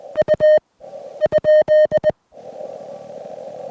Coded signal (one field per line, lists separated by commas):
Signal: Morse code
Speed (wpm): 19 wpm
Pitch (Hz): 3050 Hz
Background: none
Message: U ?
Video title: Parting Ways with My Venus SW-3B: One Last POTA Activation!